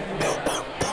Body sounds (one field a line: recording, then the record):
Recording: coughing mixed with background sound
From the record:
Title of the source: Coughing 79